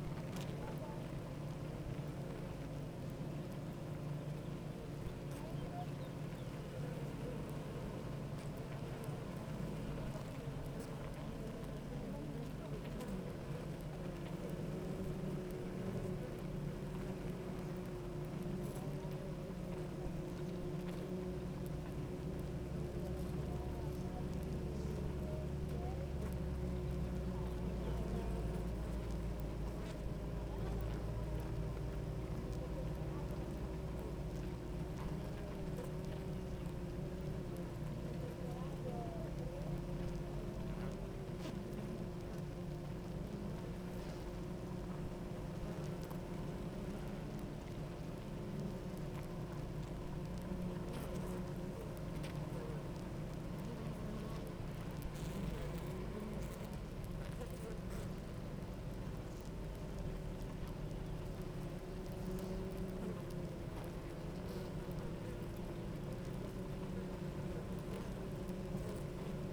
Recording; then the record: honeybee colony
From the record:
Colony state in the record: active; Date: 28 July 2017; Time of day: 9:07